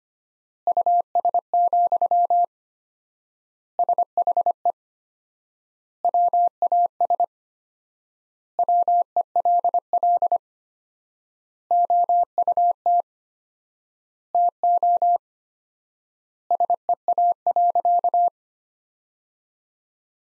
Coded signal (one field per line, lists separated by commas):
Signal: Morse code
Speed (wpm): 25 wpm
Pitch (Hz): 700 Hz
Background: none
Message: US, SHE WAS WELL OUT TO SEA.